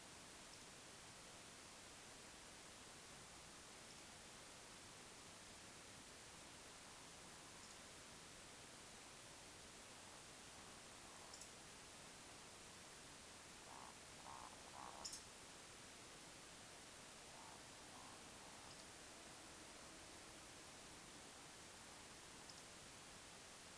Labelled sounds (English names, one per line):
Eurasian Woodcock whistle
Eurasian Woodcock croak